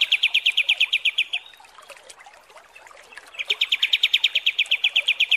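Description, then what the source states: Kapas tembak song: two bouts of quick, ringing repeated notes, each lasting over a second, separated by a quiet gap. Masteran training recording of kapas tembak song.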